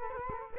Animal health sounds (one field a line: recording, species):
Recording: mosquito wingbeat signal from an infrared sensor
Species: Culex quinquefasciatus